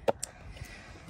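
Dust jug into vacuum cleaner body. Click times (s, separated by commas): 0.2 s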